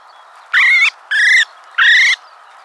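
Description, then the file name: Common blackbird making three separate harsh, nasal calls, each about a third of a second long, starting roughly every 0.6 seconds against quiet background. "Turdus merula"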